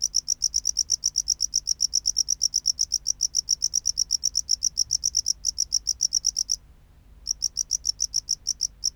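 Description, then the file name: Tropical house cricket song: a rapid series of shrill chirps, a short pause near the end, then the chirping resumes. "Bio Acoustica Gryllodes sigillatus"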